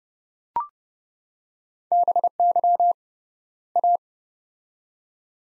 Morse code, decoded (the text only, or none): BY A